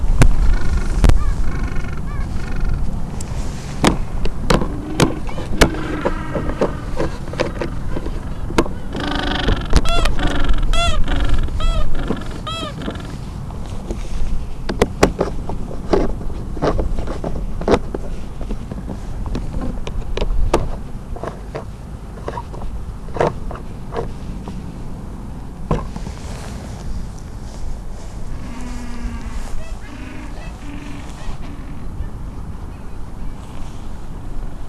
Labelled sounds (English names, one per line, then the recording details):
Gentoo Penguin
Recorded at the colony at Brown Bluff, Antarctica, on 4 December 2015
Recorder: Song Meter SM2+